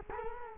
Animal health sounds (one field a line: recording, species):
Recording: mosquito wingbeat signal from an infrared sensor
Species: Culex quinquefasciatus